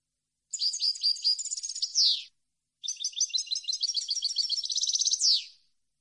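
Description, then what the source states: European goldfinch song: two long rapid twittering phrases of bright tinkling notes, each ending with a harsh descending buzz, clean without other sounds. Clean goldfinch song on CD, for birds to copy as song training.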